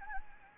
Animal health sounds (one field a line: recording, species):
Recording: mosquito wingbeat signal from an infrared sensor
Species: Anopheles gambiae